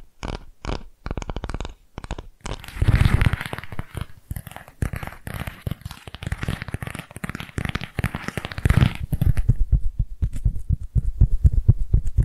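Close, dense tapping and crinkly scratching sounds cluster rapidly, sparse at first, busiest around three to nine seconds, then thinning into softer taps.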